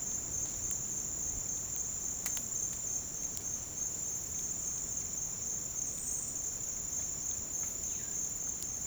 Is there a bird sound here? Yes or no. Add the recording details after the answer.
yes. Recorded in dense forest near Puerto Asís, Putumayo, Colombia, on 30 June 2025 at 08:00. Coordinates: 0.503, -76.323. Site G059